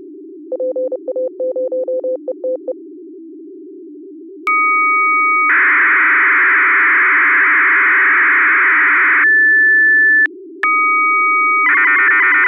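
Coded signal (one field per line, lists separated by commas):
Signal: fast PSK data mode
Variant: 8PSK1000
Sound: quick beeps, two held tones, a dense hissing data block, then a steady whistle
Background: low background hum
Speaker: daarnaast op het eind Als het lukt nog iets bijzonders via 8 psk 1000 net als gisteren op 1750 HZ om te decoderen heb je waarschijnlijk ook het programma FL wap nodig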